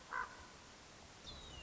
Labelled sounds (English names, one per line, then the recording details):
Common Raven
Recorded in Sonoma County, California